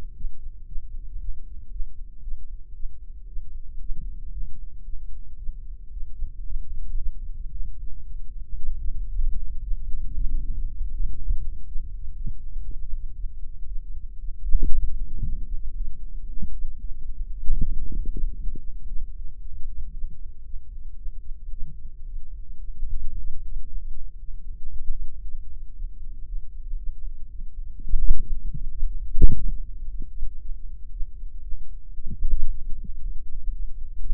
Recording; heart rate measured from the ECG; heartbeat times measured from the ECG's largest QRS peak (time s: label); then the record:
heart sounds by microphone in the right ear; 115 bpm
0.15 s: heartbeat
0.66 s: heartbeat
1.19 s: heartbeat
1.70 s: heartbeat
2.22 s: heartbeat
2.74 s: heartbeat
3.27 s: heartbeat
3.79 s: heartbeat
4.31 s: heartbeat
4.83 s: heartbeat
5.37 s: heartbeat
5.91 s: heartbeat
6.44 s: heartbeat
6.96 s: heartbeat
7.50 s: heartbeat
8.04 s: heartbeat
8.56 s: heartbeat
9.09 s: heartbeat
9.61 s: heartbeat
10.14 s: heartbeat
10.65 s: heartbeat
11.16 s: heartbeat
11.65 s: heartbeat
12.15 s: heartbeat
12.64 s: heartbeat
13.14 s: heartbeat
13.65 s: heartbeat
14.18 s: heartbeat
14.70 s: heartbeat
15.23 s: heartbeat
15.75 s: heartbeat
16.27 s: heartbeat
16.79 s: heartbeat
17.31 s: heartbeat
17.84 s: heartbeat
18.35 s: heartbeat
18.87 s: heartbeat
19.39 s: heartbeat
19.92 s: heartbeat
20.44 s: heartbeat
20.96 s: heartbeat
21.50 s: heartbeat
22.05 s: heartbeat
22.58 s: heartbeat
23.11 s: heartbeat
23.65 s: heartbeat
24.18 s: heartbeat
24.70 s: heartbeat
25.22 s: heartbeat
25.74 s: heartbeat
26.25 s: heartbeat
26.76 s: heartbeat
27.28 s: heartbeat
27.80 s: heartbeat
28.32 s: heartbeat
28.85 s: heartbeat
29.36 s: heartbeat
29.88 s: heartbeat
30.39 s: heartbeat
30.90 s: heartbeat
31.41 s: heartbeat
31.95 s: heartbeat
32.48 s: heartbeat
33.00 s: heartbeat
33.52 s: heartbeat
34.04 s: heartbeat
From the record:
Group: healthy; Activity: cold pressor test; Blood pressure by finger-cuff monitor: 113/80 mmHg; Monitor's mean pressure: 90 mmHg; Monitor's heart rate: 115 bpm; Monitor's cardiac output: 8.4 L/min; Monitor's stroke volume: 73 mL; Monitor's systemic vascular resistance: 780 dyn s/cm5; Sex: female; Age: 19 years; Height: 163 cm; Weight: 51 kg